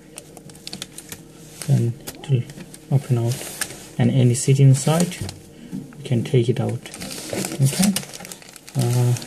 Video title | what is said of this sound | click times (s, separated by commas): How To Eject CD/DVD from Dead Laptop | just uh push this one over here and little click | 0.7 s